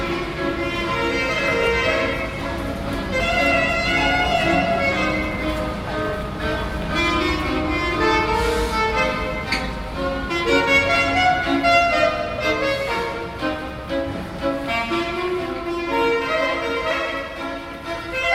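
Two musicians play traditional music under a tunnel, a dense, steady weave of sustained melodic notes over a constant low drone. The playing flows without pauses, with small accents and brighter flourishes recurring every few seconds, and the volume stays fairly even throughout.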